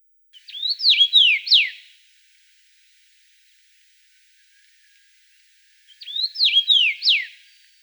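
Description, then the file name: Common rosefinch singing a short whistled phrase of clear slurred notes, then repeating it after about four seconds of silence. "CHechevica"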